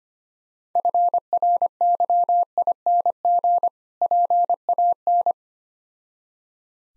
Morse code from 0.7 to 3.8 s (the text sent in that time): FRYING